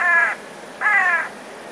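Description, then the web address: Eurasian jay uttering two harsh, raspy screeches in quick succession, each under half a second long. Alarm call; recorded 13 February 2019. "wroblowe ostrzegator sojka 13 02 2019"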